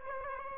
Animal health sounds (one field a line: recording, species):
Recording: mosquito wingbeat signal from an infrared sensor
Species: Aedes aegypti